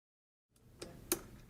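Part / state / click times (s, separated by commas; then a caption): outside lever onto cylindrical door lock chassis / seated / 1.1 s. With the key turned clockwise to the 12 o'clock position and the black lever filler held in place, the outside lever of a Yale 4600LN Series cylindrical door lock is pushed into the lock body slot. After silence, faint handling noise and a softer tick at 0.8 s lead to a sharp click at 1.1 s. The lever clicks home onto the lock body, confirming a successful cylinder and lever installation.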